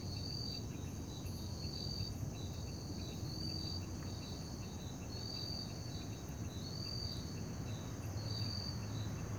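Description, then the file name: Cricket chirping in evenly spaced high pulsed trills, over a constant low rumble. Night ambience in Parque da Liberdade. "Ambiencia parque da liberdade a noite com grilos, morcegos, moto longe e sapos"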